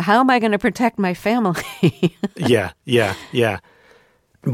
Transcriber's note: laughter